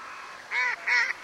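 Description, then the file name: Mallard quacking: two loud, nasal quacks in quick succession and the start of a third, over faint background noise. "magamo"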